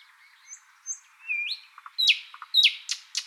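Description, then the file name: Thrush nightingale song fragment: soft whistles, a rising slur, then several loud sharp downslurred notes. "British Library - Thrush Nightingale Luscinia luscinia"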